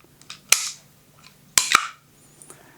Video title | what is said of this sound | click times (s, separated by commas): Cabrinha UNIFY Bar 2026 Breakdown - Features, Safety & Setup Explained | It should click in and it should release. | 0.5 s